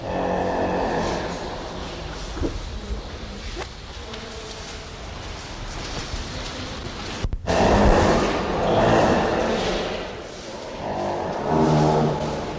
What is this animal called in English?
Nile Lechwe